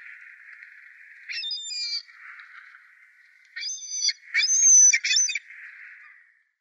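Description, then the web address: Ring-billed gull calls, short bursts of high, strained squealing notes over a constant hissing background, in three separate groups. "Schulze Peter Ring-billed Gull"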